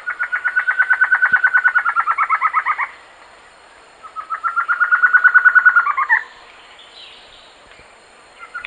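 Bird giving two trills of quick repeated notes, each ending with falling slurred notes, separated by a short pause.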